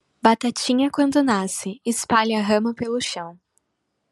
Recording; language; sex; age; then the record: short text; Brazilian Portuguese; female; 20 to 29 years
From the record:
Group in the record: control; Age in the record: 21 years